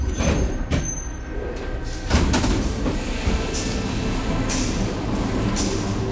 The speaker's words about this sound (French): car au même moment, effectivement, dans un crissement strident, le métro démarre et s'enfonce dans le tunnel souterrain pour rejoindre la prochaine station, Porte Dorée.